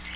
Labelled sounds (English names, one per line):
Cape May Warbler flight call